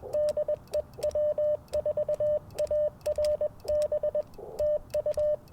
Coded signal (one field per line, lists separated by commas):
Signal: Morse code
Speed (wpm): 19 wpm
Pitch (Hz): 590 Hz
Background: radio noise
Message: DE W4ARB TU